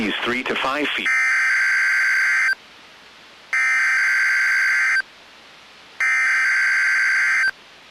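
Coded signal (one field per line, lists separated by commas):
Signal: Emergency Alert System (SAME) tones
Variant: header bursts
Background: speech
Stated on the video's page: NOAA Weather Radio Required Weekly EAS Test, recorded off a Midland weather radio.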